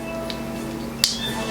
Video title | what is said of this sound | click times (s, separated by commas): Rare Star Wars Micro Machines - Tie Fighter Pilot Academy - Star Wars Toy Review | if I am not mistaken, these things just click right in. | 1.0 s